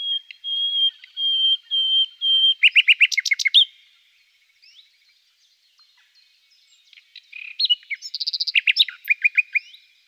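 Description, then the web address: Common nightingale singing: a row of pure level whistles, then a loud rapid rattle, silence, and a buzzy phrase closing in a fast run of clipped notes. "agykontroll CD 3-A természet hangjai - Fülemülék"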